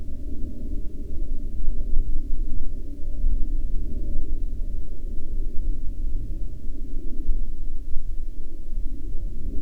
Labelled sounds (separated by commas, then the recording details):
aircraft
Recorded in the Prudhoe Bay oil fields, Alaska, on 18 July 2019 at 00:51
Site 16